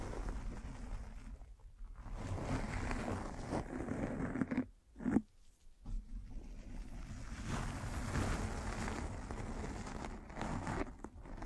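A microphone being brushed and scratched gives a continuous rough, rustling scrape with a strong low rumble beneath it. The friction swells and eases irregularly, with a few brief pauses around the second, fifth and sixth seconds before the scratching resumes steadily.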